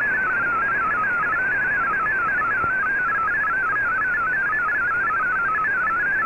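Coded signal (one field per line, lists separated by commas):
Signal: multi-tone FSK (Olivia or MFSK type)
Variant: MFSK32 or MFSK64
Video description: Here is my decode of the Shortwave Radiogram broadcast today on 15770Khz shortwave radio at 1300UTC in MFSK32 and 64 and with 9 SSTV images.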